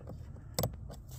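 On a Seat Leon during a heater matrix replacement, the small tab on the top heater-hose coupling clip is levered to release the clip from the heater matrix pipe. Over a low, steady background rumble, a sharp click sounds at 0.6 s, followed closely by a second tick. The clip tab clicks free and the clip is released.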